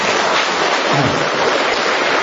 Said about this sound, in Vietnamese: Chúng ta một tràng pháo tay thật to để cảm ơn anh ngoại đạo ạ.